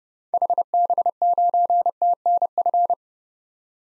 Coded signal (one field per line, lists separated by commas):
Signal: Morse code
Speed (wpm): 30 wpm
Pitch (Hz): 700 Hz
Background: none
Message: HB9TNF